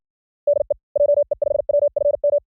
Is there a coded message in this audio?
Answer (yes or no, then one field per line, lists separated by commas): yes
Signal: Morse code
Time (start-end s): 0.5-2.4 s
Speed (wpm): 56 wpm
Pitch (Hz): 620 Hz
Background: none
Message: DE JE5WFM